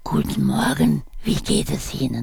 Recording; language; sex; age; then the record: spoken sentence; German; female; 70 to 79 years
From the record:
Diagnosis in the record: recurrent laryngeal nerve paralysis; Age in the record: 72 years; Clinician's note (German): Li, strumipriv, gute Restbeweglichkeit